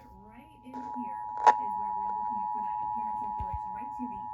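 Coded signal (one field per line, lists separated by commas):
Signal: Emergency Alert System (SAME) tones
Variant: 853 and 960 Hz attention tone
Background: speech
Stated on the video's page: Real tornado warning heard on a radio during a tropical storm, southeastern Pennsylvania.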